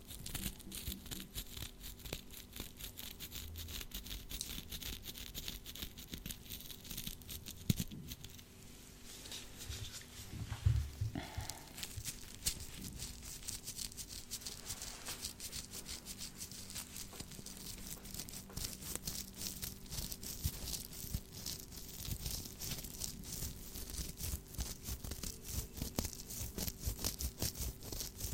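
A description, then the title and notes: Gloved scratching rasps on steadily and densely with rapid crackly strokes, a low hum underneath and brief louder scuffs near ten seconds. ASMR Scratching (With Gloves).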